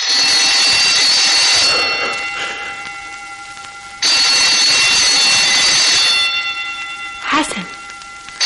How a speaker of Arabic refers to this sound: ما سمعتش جرس الامتحان؟ قوم. الله، مش عاوز تدخل الامتحان ولا ايه؟